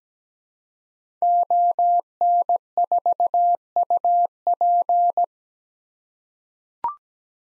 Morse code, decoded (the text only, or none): ON4UP